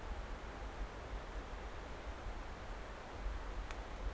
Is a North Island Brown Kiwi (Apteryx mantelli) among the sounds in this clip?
no